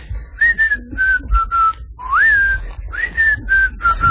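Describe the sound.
A person at a window whistles a short tune alone to call a small bird: clear, steady mid-pitched notes in three phrases, with a rising swoop at the start of the middle phrase and a brief pause between phrases.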